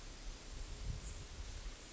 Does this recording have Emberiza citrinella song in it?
no